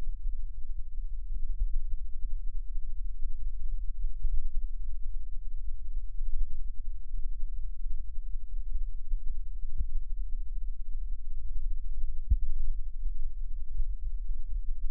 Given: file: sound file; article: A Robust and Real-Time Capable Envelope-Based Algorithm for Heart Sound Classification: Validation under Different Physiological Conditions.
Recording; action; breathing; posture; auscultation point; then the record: heart sounds by electronic stethoscope; rest; normal; sitting; centre of the back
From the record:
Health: healthy, no known heart disease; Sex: male